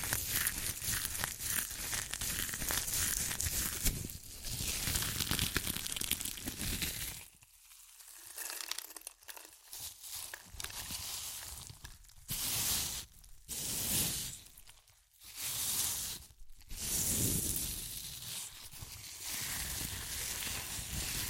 Satisfying Chips Crunchy Crushing & Eating Sounds